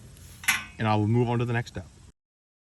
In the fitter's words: I'm gonna snap these into place here,